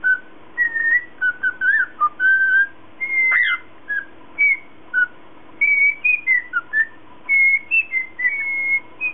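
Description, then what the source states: Cockatiel pouring out rapid, clear whistles and slurred notes, one sharp upward sweep about a third of the way through, phrases repeating for over nine seconds, a faint steady hum throughout. Lutino colour variety cockatiel.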